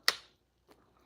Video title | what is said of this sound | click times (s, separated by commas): T-Rex-Slings is live! Messing around with a new toy | and you'll hear it click into place. | 0.1 s